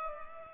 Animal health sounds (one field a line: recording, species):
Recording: mosquito wingbeat signal from an infrared sensor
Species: Culex pipiens